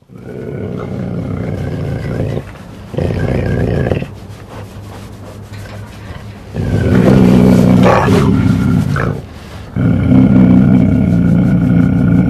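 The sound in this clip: Cougar giving harsh, rasping growl-like calls in loud bursts of one to three seconds, separated by quieter gaps.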